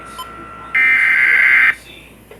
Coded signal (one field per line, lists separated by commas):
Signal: Emergency Alert System (SAME) tones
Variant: header bursts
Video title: TORNADO WARNING FOR MY COUNTY AGAIN... (8-22-21) (EAS #163-168)